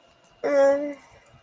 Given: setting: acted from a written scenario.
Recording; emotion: vocal sound without words; embarrassment